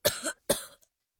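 Two quick coughs from a child who isn't feeling well, acted.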